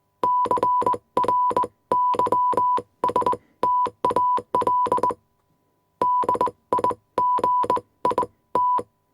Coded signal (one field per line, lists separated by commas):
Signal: Morse code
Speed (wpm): 20 wpm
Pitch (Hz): 990 Hz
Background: none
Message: CRYSTAL DIGIT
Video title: Morse code 1khz tone and key 80 letters-Sound Effect-